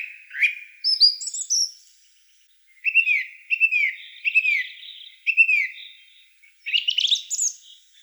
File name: Turdus philomelos